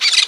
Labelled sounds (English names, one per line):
Brown-throated Parakeet contact call